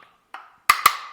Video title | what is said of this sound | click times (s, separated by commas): 2020-2022+ KIA TELLURIDE 5-dr SUV with Flush Rails - Thule's Best Roof Rack | this tool will click indicating that you've reached the maximum tightness and as you're tightening | 0.7 s